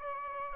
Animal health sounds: mosquito wingbeat signal from an infrared sensor; Aedes aegypti

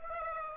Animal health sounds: mosquito wingbeat signal from an infrared sensor; Aedes aegypti

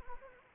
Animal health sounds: mosquito wingbeat signal from an infrared sensor; Anopheles gambiae

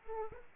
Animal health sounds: mosquito wingbeat signal from an infrared sensor; Aedes aegypti

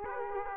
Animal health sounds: mosquito wingbeat signal from an infrared sensor; Aedes aegypti

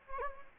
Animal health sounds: mosquito wingbeat signal from an infrared sensor; Anopheles gambiae

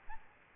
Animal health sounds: mosquito wingbeat signal from an infrared sensor; Aedes albopictus

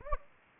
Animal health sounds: mosquito wingbeat signal from an infrared sensor; Anopheles gambiae

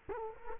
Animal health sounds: mosquito wingbeat signal from an infrared sensor; Culex quinquefasciatus

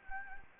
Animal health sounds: mosquito wingbeat signal from an infrared sensor; Anopheles gambiae

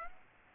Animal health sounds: mosquito wingbeat signal from an infrared sensor; Aedes aegypti

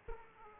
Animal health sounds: mosquito wingbeat signal from an infrared sensor; Aedes aegypti

